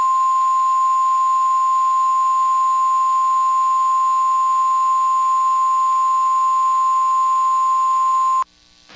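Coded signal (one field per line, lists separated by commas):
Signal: Emergency Alert System (SAME) tones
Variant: 1050 Hz attention tone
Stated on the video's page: Live EAS tones from required weekly tests.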